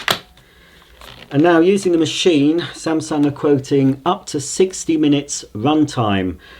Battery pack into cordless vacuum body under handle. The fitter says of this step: just under the handle make sure it clicks